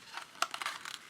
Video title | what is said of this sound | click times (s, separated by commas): Jo-Han 1974 AMC Hornet Funny Car Kit Review and Contents | get them to line up here there they go and it just pretty much pops right into place and you can glue it | 0.4 s